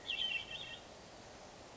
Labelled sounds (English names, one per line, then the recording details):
Hermit Thrush
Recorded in Sonoma County, California